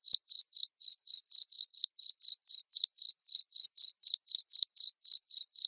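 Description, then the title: Cricket chirps: crisp, high pulses following one another steadily, roughly four each second, with nothing else audible. Loud cricket chirping used to prompt lovebirds into continuous ngekek chattering song. "Suara JANGKRIK NGERIK Keras Bikin LOVEBIRD Jadi NGEKEK Terus Vubey"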